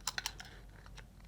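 A plastic belt clip is handled against the back of the housing of a Motorola Solutions CP100d portable two-way radio, making a quick series of sharp, light plastic ticks near 0.1, 0.2, 0.3 and 0.4 s, then a fainter one at 0.9 s over a quiet background. The clip has not snapped on yet; nothing has seated.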